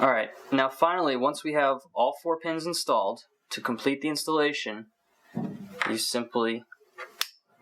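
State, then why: Seated. Someone talks while finishing pinning a plastic Sumitomo connector on an AEM coil harness for an FD3S, with all four pins installed. The terminal lock is pressed into the connector housing and snaps home with a sharp click at 7.2 s, locking the terminals in place.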